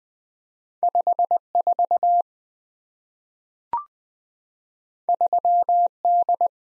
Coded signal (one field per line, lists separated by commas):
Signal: Morse code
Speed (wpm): 20 wpm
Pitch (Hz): 700 Hz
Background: none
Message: 54 3D